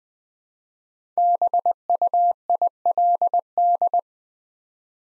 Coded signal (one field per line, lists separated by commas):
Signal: Morse code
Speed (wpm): 20 wpm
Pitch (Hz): 700 Hz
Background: none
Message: BUILD